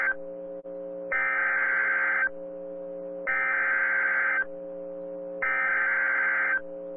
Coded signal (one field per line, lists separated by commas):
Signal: Emergency Alert System (SAME) tones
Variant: header bursts